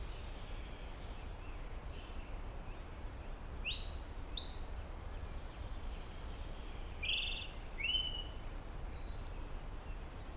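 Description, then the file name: European robin song: thin, high whistled notes, some sliding down, others flat, in uneven scattered phrases over a steady low rumble. "Erithacus rubecula"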